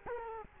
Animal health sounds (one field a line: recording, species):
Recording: mosquito wingbeat signal from an infrared sensor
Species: Culex quinquefasciatus